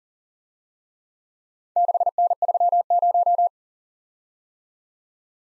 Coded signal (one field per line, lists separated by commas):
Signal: Morse code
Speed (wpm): 38 wpm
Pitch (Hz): 700 Hz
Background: none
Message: 6N30